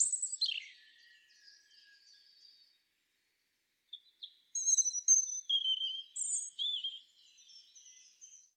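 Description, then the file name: European robin singing thin, high warbled phrases with sliding whistles and trills, a pause of about a second, then a longer, richer run of notes. "Erithacus rubecula"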